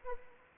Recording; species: mosquito wingbeat signal from an infrared sensor; Anopheles arabiensis